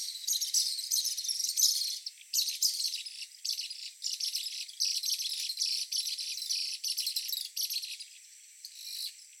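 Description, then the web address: Martin song, a dense dry twittering chatter in rapid bursts with brief gaps, continuing throughout and fading slightly near the end. "cantos martinpio"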